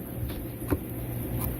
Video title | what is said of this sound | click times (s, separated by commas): 145 Gallon TIC Tank Set Up | it's a pretty good fit there you heard the snap | 1.4 s